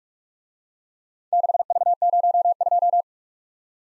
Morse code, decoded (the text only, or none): 6V02